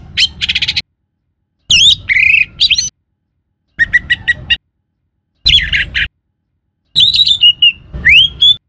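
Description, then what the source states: Orange-headed thrush song in short bursts of varied whistled and warbled phrases, some rising and slurred, broken by silent gaps. Known locally in Indonesian as anis merah; the bird's song.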